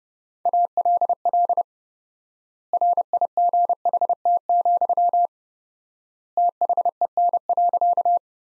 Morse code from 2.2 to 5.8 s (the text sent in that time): RIGHT,